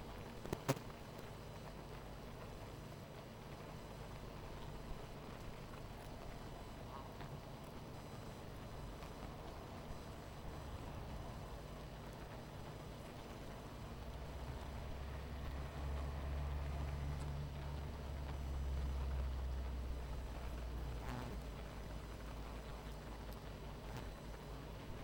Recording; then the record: honeybee colony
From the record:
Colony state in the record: missing queen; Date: 14 July 2017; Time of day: 19:11